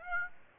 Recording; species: mosquito wingbeat signal from an infrared sensor; Aedes aegypti